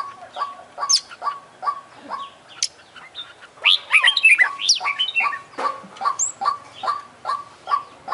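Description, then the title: Oriental magpie-robin singing: quick repeated short notes with scattered high whistles and a burst of rapid chattering trills midway. Champion bird singing prolifically ('gacor'); part of a selected compilation of tutoring bird songs ('masteran'). "Kacer Juara Gacor"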